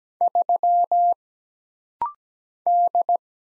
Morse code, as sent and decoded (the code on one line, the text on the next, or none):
...-- / -..
3 D